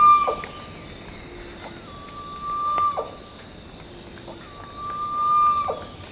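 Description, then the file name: Bird call: sustained flat whistles ending in brief falling notes, repeated a few times, over continuous low hum. "SABIOD 50 bird 2015"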